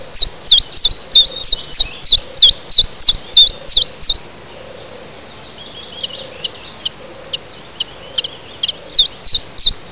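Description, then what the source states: Common chiffchaff song of quick, regular high chips for four seconds, a quiet stretch with faint twittering and a low hum, then the chipping resumes. Recorded in spring 2010.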